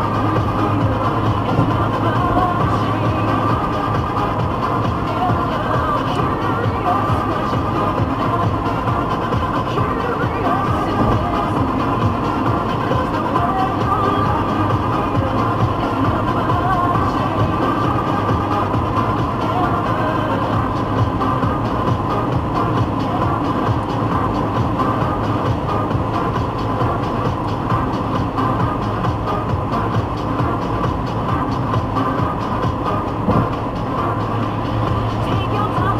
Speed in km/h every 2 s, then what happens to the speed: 123, 123, 119, 120, 117, 118, 116, 117, 119, 120, 122, 124, 125, 124, 123, 123, 124, 127.
0-36 steady at about 122.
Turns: none.